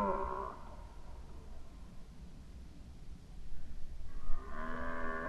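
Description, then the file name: Red deer roaring, a short harmonic bellow at the start, then quiet with low rumble, and a second roar beginning near the end. Recorded during the rut in 2011. "rykowisko 2011"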